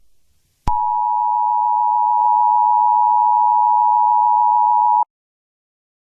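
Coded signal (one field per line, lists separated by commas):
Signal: Emergency Alert System (SAME) tones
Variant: 853 and 960 Hz attention tone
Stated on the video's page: Fictional SCP-096 themed EAS mock.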